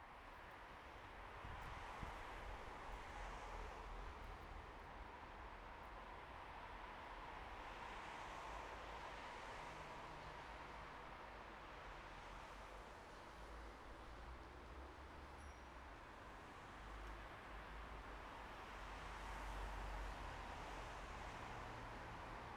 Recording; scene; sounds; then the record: everyday scene through a hearing-aid microphone; in traffic; traffic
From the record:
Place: bus stop on a city main road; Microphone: behind the ear, right, rear